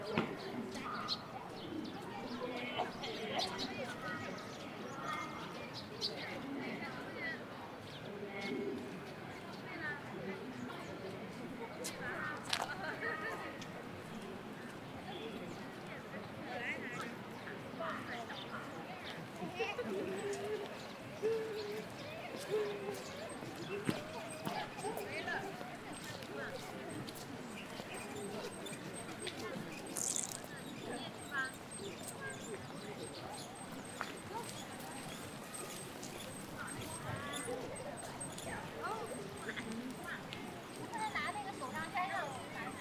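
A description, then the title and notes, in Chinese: At Ditan in Beijing, a dense, steady murmur of many voices talking at once fills the full length. Sharp clicks and knocks cut through now and then, notably near 12, 24 and 30 seconds, along with faint taps that may be hooves or footsteps. 北京地坛。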